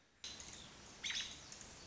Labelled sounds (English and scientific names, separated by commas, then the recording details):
American Robin (Turdus migratorius)
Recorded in Sonoma County, California